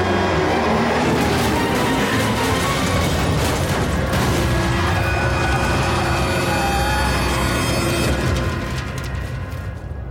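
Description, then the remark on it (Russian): A taxi slams into a truck at an intersection and explodes: a loud, dense roar of rumbling and crackling with a few sharper bursts, holding steady for several seconds before easing off at the end. “На перекрестке он сталкивается с грузовиком, и его такси взрывается.”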